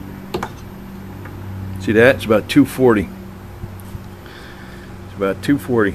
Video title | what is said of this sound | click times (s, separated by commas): Check a Click Torque Wrench for Calibration - How To | listen for the click see | 0.3 s, 0.4 s